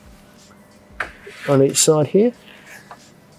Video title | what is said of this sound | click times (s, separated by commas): Zempire Kitpac Pro Bamboo Camping Table | this is where we grab those slide locks in place here there's two of them | 1.0 s